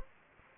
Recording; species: mosquito wingbeat signal from an infrared sensor; Anopheles gambiae